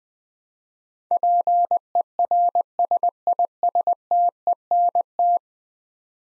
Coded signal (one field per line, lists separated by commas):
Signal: Morse code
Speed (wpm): 20 wpm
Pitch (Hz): 700 Hz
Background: none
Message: PERSISTENT